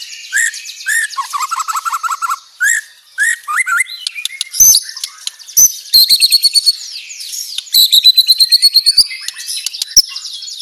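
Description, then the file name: White-rumped shama singing rapid bursts of whistled and trilled phrases, a series of lower clear notes early, then dense high rattling runs. Banjar variety; rapid, dense, shot-like 'tembakan' song style. "Suara tembakan speed rapat Murai batu banjar"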